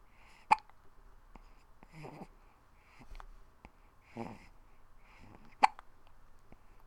Hiccup Baby.